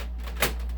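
An extended paper cassette loaded with 11x17 paper is pushed back into an Epson WF7710 printer used for sublimation. It gives one sharp click at 0.4 s over a steady low hum. The cassette reaches its stop point and will not go all the way in; the click means it has gone as far as it goes.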